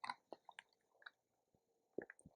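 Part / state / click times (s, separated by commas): detachable rifle magazine into rifle magwell / not seated / none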